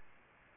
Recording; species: mosquito wingbeat signal from an infrared sensor; Aedes albopictus